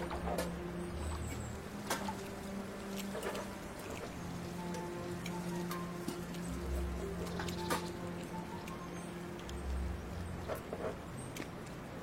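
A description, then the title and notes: Ducks playing in the water: sharp splashes and knocks arrive irregularly every second or so across the twelve seconds. Underneath runs a steady low engine-like hum with a faint whine, and a soft dripping, rain-like patter fills the background. Ducks playing in the water.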